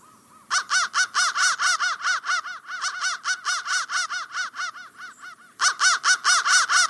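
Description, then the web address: Crow cawing: rapid harsh caws in three runs, with short gaps between them. "soundfactory crow"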